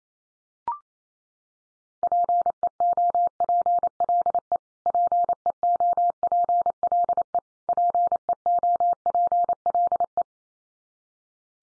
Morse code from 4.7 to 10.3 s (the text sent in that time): PEOPLE PEOPLE